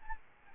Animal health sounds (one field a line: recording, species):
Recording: mosquito wingbeat signal from an infrared sensor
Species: Aedes albopictus